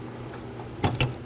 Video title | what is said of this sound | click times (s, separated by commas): How to Replace Low Beam Bulbs 2013-2019 Nissan Sentra | And twist clockwise until you hear an audible click. | 1.0 s